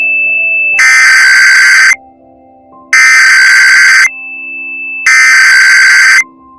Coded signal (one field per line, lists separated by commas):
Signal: Emergency Alert System (SAME) tones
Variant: header bursts